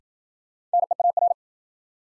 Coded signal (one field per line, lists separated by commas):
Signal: Morse code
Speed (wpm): 53 wpm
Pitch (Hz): 700 Hz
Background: none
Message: NEAR